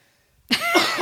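After half a second of near silence, one loud, harsh cough from an adult man bursts out and trails off over about half a second. It is a single forceful cough in a small room, from a cough that has lasted about a week.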